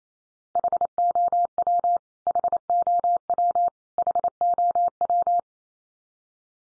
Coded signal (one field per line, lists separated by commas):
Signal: Morse code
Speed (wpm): 28 wpm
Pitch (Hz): 700 Hz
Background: none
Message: HOW HOW HOW